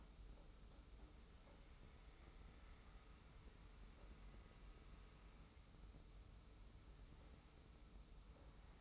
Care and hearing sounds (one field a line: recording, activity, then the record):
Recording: daily activity, microphone in the room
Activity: wipe stove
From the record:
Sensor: 1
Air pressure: 991.4 hPa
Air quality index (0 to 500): 131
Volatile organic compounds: 426 ppm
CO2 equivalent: 4713 ppm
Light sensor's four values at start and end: 41/126/50/51 and 41/126/50/51